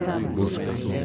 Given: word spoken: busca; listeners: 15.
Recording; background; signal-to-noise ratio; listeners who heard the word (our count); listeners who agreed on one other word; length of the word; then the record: one Spanish word in noise, from a listening test; eight-talker babble; -1.8 dB; 0 of 15; 6 of 15; 0.65 s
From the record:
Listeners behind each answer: 6, 2, 1, 1, 1, 1, 1, 1, 1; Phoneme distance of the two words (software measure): 7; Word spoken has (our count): 2 syllables, 5 phonemes, stress on syllable 1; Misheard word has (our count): 2 syllables, 6 phonemes, stress on syllable 1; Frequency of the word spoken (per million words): 100.15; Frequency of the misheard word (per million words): 2.17